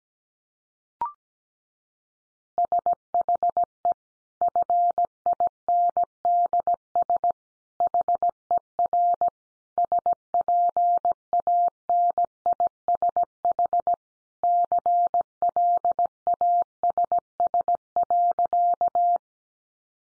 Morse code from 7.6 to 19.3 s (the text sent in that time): HER SPANISH CLASS.